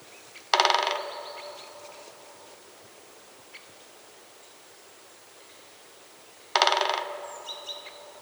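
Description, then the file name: Great spotted woodpecker, two brief loud rattling bursts with a ringing tail, about six seconds apart. "dyatel bolshoy pestryy golos"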